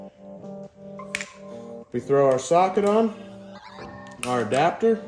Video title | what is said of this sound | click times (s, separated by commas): I Got a New Set of Wheels! (Chrome) | is 150 make sure it clicks doesn't spin | 1.1 s